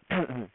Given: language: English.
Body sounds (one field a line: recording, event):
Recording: throat vibration sensor signal played as sound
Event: throat clearing